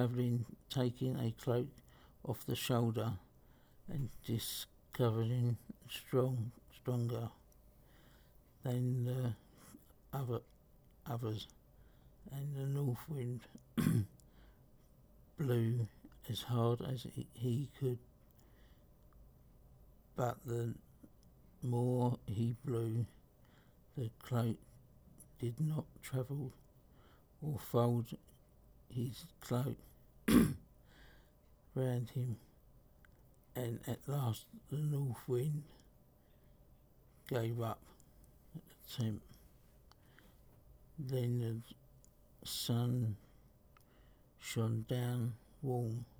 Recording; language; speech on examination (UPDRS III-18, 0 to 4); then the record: text read into a phone; English; 2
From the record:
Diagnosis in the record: Parkinson's disease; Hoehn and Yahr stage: 3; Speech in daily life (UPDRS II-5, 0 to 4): 1